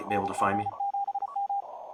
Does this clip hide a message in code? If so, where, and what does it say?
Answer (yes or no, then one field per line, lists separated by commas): yes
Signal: Morse code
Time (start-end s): 0.1-1.6 s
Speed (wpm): 34 wpm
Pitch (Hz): 800 Hz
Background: speech, radio noise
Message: NG7M